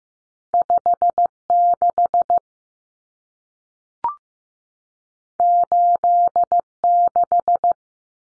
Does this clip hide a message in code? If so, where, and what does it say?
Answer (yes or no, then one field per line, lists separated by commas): yes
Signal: Morse code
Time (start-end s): 0.5-7.7 s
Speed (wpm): 15 wpm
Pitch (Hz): 700 Hz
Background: none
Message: 56 86